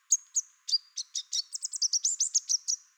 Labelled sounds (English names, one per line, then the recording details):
Chestnut-capped Warbler song
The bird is a male
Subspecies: delattrii
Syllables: 16
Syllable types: 8
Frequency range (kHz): 3.5-8.7 kHz
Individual CR-NRS-M